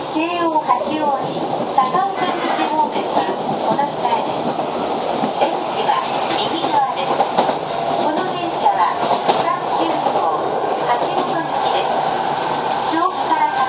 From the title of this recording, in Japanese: 京王5000系 本八幡〜橋本